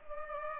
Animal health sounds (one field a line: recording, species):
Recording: mosquito wingbeat signal from an infrared sensor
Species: Culex pipiens